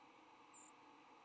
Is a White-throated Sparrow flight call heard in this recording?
yes